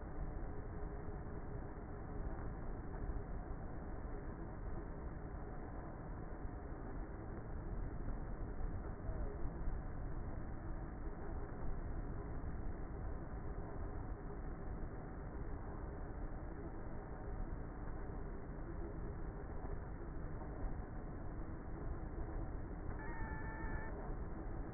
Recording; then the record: honeybee colony, microphone inside the hive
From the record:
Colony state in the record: queenless with a low population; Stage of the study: before two queens were removed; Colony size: about 30,000 bees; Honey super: no